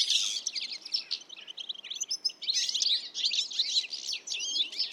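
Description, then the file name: European goldfinch giving dense, liquid, high twittering in a fast jumble of chirps and trills, with brief pauses between bursts. "Carduelis carduelis"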